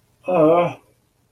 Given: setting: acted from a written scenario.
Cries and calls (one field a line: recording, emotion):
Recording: vocal sound without words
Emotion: embarrassment